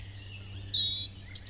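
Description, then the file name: European robin giving a short run of thin, high whistled notes, a sustained tone, then sharper high twitters, with a low hum underneath. "Erithacus rubecula"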